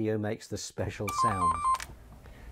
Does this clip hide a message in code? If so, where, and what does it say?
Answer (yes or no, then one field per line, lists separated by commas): no